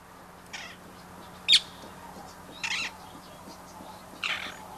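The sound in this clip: Rose-ringed parakeet making four short, harsh, grating calls, the second one loudest, separated by short quiet pauses.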